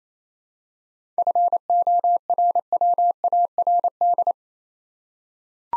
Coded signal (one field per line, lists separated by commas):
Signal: Morse code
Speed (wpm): 27 wpm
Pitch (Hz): 700 Hz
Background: none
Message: FORWARD